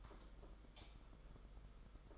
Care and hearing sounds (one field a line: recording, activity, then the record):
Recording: daily activity, microphone in the room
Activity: light off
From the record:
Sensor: 5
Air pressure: 991.2 hPa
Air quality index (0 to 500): 106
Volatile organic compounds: 21 ppm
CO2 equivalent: 2735 ppm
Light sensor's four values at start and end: 19/48/19/21 and 18/42/17/19